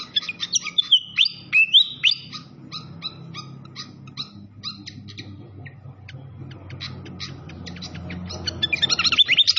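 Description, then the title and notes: Malaysian pied fantail song opening with rising whistled sweeps, then sparse quick chirps over steady water noise, with a brief chirpy burst at the end. Masteran training recording, clear voice, mixed with the sound of flowing water. "Masteran Sikatan Kipas Suara Jernih Dan Suara Gemericik Air. Suara Burung Sikatan Londo"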